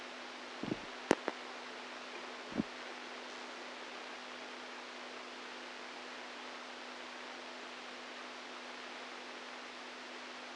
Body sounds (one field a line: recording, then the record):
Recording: brain microelectrode recording played as sound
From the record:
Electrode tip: outside the subthalamic nucleus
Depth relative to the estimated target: 2 mm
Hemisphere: right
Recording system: NeuroSet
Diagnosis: Parkinson's disease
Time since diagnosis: 10 years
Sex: male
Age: 65 years